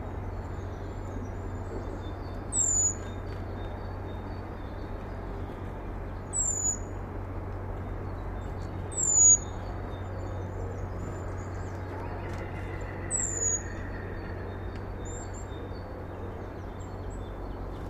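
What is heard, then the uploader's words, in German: Birds call in a Black Forest nature reserve, short high chirps coming about every three to four seconds, near 2.5, 6.5, 9, 13 and 16 seconds. Beneath them a steady low rumble and a dense, even hiss fill the whole clip. Heute nehme ich Euch mit in ein Naturschutzgebiet im Schwarzwald. Die Vögel zum greifen nah, der Wald erwacht nach und nach.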